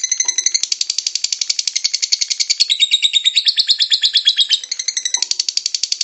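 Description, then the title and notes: Lovebird song: a fast, rattling run of high, harsh chirps that continues steadily, with a couple of brief lower notes. Lovebird ngekek song, described as long and used as a bait song (kicau pancingan) to prompt other lovebirds to sing. "Master Kicau Lovebird ngekek, kicau pancingan"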